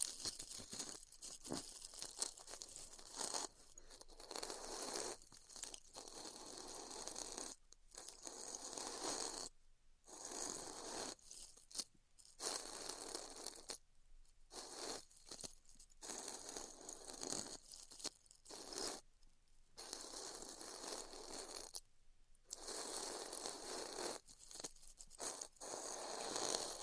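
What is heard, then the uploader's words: Styrofoam being cut with a heat cutter, a dense crackling hiss that runs in bursts of a second or two. Short silences break it up irregularly, with longer gaps near 10 and 22 seconds. The sound is bright and gritty, with little low end. ASMR Styrofoam Heat Cutting (No Talking).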